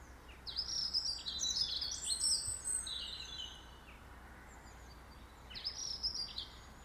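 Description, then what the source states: Bird song: a burst of high twittering and chirps lasting about three seconds, a quiet gap, then another short twittering phrase, over low background hum. In a garden.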